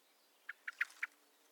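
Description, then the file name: Common blackbird calls: four quick, clipped notes in a short run. "Turdus merula"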